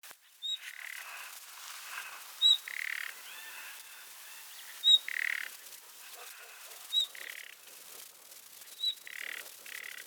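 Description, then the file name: Common nightingale calling: sharp high whistles every couple of seconds alternating with harsh, buzzy rasps, against steady low hiss. "Luscinia megarhynchos"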